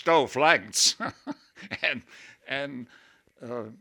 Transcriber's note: he laughs